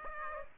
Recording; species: mosquito wingbeat signal from an infrared sensor; Aedes aegypti